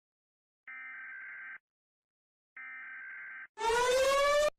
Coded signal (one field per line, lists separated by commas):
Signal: Emergency Alert System (SAME) tones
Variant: header bursts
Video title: All British eas alarms